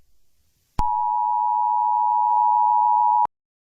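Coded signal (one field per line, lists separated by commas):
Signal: Emergency Alert System (SAME) tones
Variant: 853 and 960 Hz attention tone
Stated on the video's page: Fictional analog-horror EAS scenario, not a real alert.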